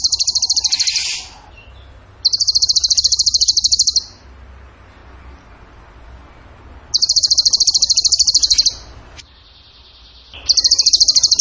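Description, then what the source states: Bird delivering four bursts of very high, rapid rattling trills with quiet gaps between them. Training song (masteran) in the tembakan gacor style.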